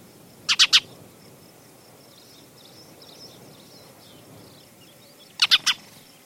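Spanish sparrow calls: two bursts of three rapid harsh chirps separated by about five seconds, with light background noise.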